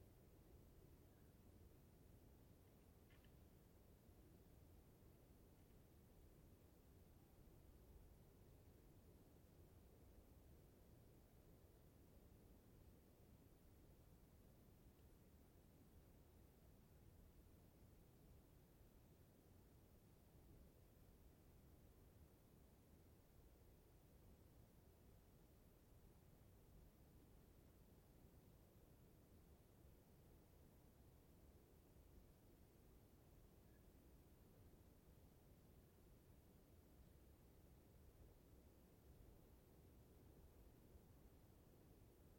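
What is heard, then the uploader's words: Steady outdoor ambience in a wildlife area, dominated by a dense low rumble like wind, with faint hiss and a couple of brief ticks. Coffin Reserve, dawning. Just outside the fence of the Coffin Game Reserve in the Colockum Wildlife Area of Washington state. An elk herd sleeps nearby.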